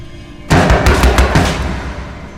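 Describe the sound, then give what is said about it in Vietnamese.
Heavy pounding on a door, a rapid burst of five or six loud, booming thuds in an uneven rhythm, with no voices. “Có tiếng đập cửa, Linh bung mền ra, chạy đi mở cửa.”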